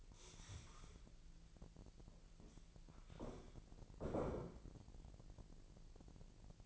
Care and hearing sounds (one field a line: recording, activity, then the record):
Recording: daily activity, microphone in the room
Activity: stand up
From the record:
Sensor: 5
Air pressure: 1002.0 hPa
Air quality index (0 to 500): 248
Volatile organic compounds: 31 ppm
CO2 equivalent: 2970 ppm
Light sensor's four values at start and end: 40/94/39/43 and 40/94/39/43